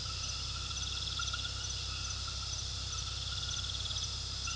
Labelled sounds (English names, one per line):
none